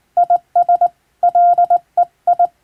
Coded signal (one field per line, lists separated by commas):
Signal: Morse code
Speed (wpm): 20 wpm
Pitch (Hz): 700 Hz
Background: none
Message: IS LEI